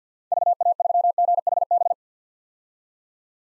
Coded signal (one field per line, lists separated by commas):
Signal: Morse code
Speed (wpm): 50 wpm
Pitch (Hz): 700 Hz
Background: none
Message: VA3GHB